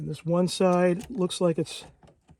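A motor for a Bachmann Large Scale Dash 9 model locomotive is handled as it is pressed down into its slot in the motor block, toward the metal contact bracket that touches the motor leads. Someone talks throughout, with only a faint, brief tick near the end. Nothing has seated or snapped into the bracket yet.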